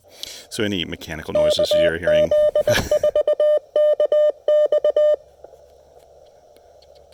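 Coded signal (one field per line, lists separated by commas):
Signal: Morse code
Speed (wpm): 21 wpm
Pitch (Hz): 600 Hz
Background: speech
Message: KZ4KX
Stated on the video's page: QRP activation at Lake Norman using a Mission RGO One transceiver and Chameleon CHA LEFS antenna.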